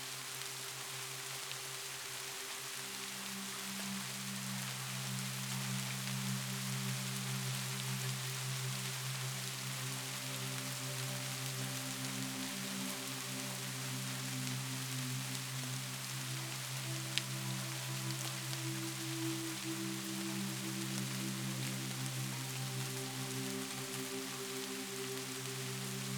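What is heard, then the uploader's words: Steady, even rain hisses throughout over soft, sustained low music tones that shift slowly, with one small sharp tick around seventeen seconds. Soothing Spring Rain and Music for Sleep.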